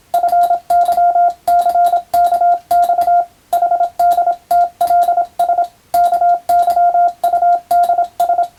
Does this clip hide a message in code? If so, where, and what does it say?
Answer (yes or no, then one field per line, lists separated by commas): yes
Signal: Morse code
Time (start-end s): 0.1-8.4 s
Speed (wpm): 26 wpm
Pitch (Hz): 700 Hz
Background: none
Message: FYCKX HDTLS KYUDS